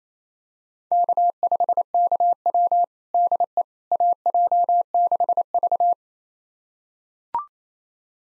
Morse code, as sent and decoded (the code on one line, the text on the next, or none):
-.- ..... -.- .-- / -.. . / .- .--- -.... ...-
K5KW DE AJ6V